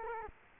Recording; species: mosquito wingbeat signal from an infrared sensor; Culex quinquefasciatus